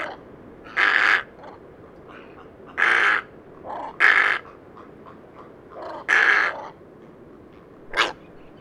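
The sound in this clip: Dimorphic egret calling with loud, rough squawks every one to two seconds, fainter croaking notes heard in between.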